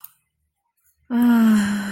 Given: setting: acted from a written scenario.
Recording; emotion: vocal sound without words; romantic love